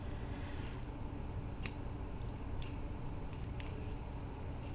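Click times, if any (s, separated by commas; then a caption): none. A car wiring harness connector with a shaved-down locking tab is pushed onto its plastic sensor socket on an RSX and held close to the mic. Over a steady low hum, there are only faint brief ticks and rustles, the sharpest near 1.7 s, with softer ones near 2.6 s and 3.6 s. Nothing has clicked or locked in, because the shaved tab keeps the connector from latching.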